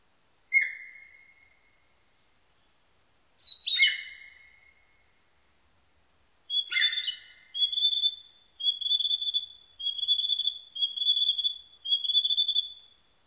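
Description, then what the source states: Narcissus flycatcher giving a few separate whistled phrases, then a steady series of short, slightly buzzy notes on one pitch. Recorded 21 May 1999.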